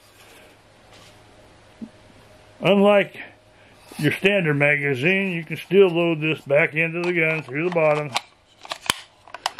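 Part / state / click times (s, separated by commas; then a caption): rifle magazine into the magazine well of an AR-15 / seated / 8.9 s. A fixed rifle magazine is pushed back up from the bottom into the magazine well of an AR-15 while someone talks. It clicks and locks into place at 8.9 seconds, seated.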